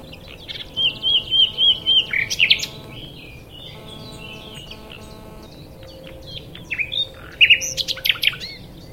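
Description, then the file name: Common nightingale song: a run of repeated looping whistles, then a sharp rattle, a quiet gap with a steady hum, and a final burst of varied whistled notes. "Luscinia megarhynchos"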